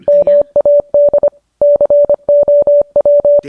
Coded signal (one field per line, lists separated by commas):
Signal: Morse code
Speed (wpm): 25 wpm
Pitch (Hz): 580 Hz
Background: none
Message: MAD COW